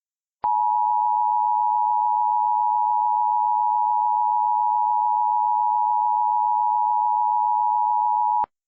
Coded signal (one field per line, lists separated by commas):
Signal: Emergency Alert System (SAME) tones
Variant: 853 and 960 Hz attention tone